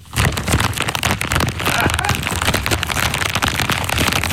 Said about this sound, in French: C'était un paquet de chips.